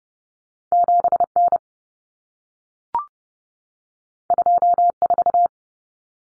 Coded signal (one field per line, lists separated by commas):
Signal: Morse code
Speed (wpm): 30 wpm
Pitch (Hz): 700 Hz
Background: none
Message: 7N 24